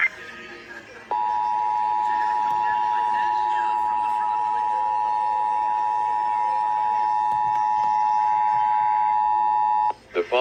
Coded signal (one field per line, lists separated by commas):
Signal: Emergency Alert System (SAME) tones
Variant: 853 and 960 Hz attention tone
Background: speech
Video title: Missouri Required Monthly Test Part 2 [EAS #571]